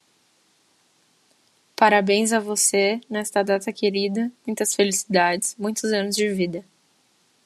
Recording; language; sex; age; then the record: short text; Brazilian Portuguese; female; 20 to 29 years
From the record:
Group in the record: control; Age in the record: 20 years